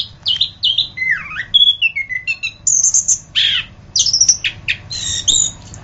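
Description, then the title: Orange-headed thrush song, a rich, varied run of high whistled and buzzy phrases, some falling sharply, with brief pauses between bursts. "anis kembang"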